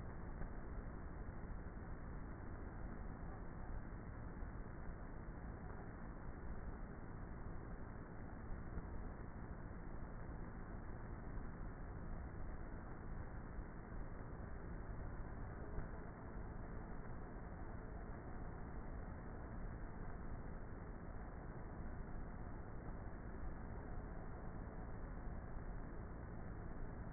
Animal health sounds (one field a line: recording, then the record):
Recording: honeybee colony, microphone inside the hive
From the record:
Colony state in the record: queenless with a low population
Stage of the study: before two queens were removed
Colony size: about 30,000 bees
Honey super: no